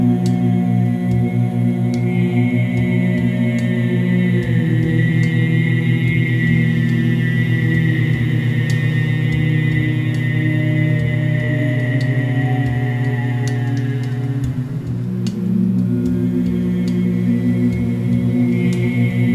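Music built from gongs, bells and singing bowls hums as a dense, steady drone of layered low tones with a bright ringing band above. Short clicks and tapping sounds scatter throughout, and around fifteen seconds the tones dip and swell before settling again.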